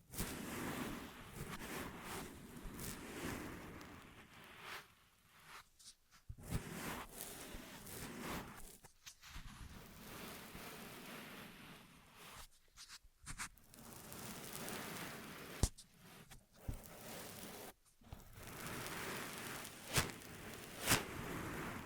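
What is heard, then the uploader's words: An ASMR ear massage: dense, rustling, rain-like rubbing noise that fills the sound from low to bright, rising and falling in strokes. It stops abruptly into near silence several times, around 6, 9, 13, 16 and 18 seconds, with faint clicks and taps between. ASMR 10 Ear Massages for Sleep (No Talking).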